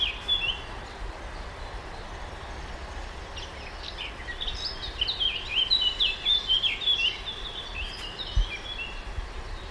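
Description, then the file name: Eurasian blackcap warbling, a short brief note early then a rapid scratchy chattering phrase in the middle, softly over low background rumble. "Sylvia atricapilla"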